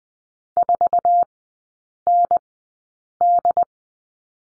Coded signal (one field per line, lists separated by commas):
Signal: Morse code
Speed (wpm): 20 wpm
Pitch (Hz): 700 Hz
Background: none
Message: 4ND